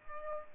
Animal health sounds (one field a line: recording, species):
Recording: mosquito wingbeat signal from an infrared sensor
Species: Aedes albopictus